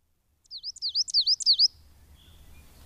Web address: agykontroll Madardalok Cd 1. Fenyves cinege